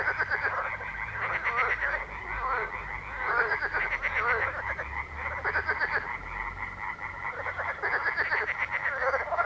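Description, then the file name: Continuous frog chorus, overlapping rapid croaks and rattles, steady in level with occasional higher buzzy pulse trains. Frog ambience. "atmos frogs"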